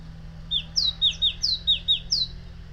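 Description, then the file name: Great tit song: a run of bright paired notes, high and lower whistles, repeated several times in quick succession. "Great Tit Parus major"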